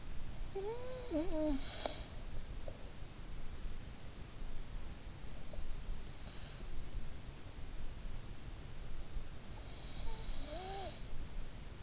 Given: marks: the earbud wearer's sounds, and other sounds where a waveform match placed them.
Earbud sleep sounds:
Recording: sounds in sleep by an in-ear microphone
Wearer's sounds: snoring breath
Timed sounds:
0.00-2.63 s: snoring breath
8.92-11.83 s: snoring breath

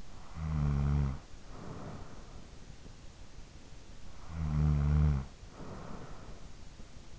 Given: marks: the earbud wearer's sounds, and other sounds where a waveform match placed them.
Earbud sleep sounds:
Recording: sounds in sleep by an in-ear microphone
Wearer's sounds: snoring breath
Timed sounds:
0.00-2.75 s: snoring breath
3.94-6.97 s: snoring breath

